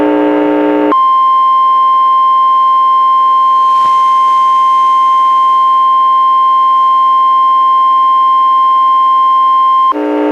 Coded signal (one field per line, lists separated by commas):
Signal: Emergency Alert System (SAME) tones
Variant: 1050 Hz attention tone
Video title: EAS #179: NWR Required Weekly Test- June 14, 2017- 11:05AM PDT